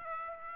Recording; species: mosquito wingbeat signal from an infrared sensor; Aedes aegypti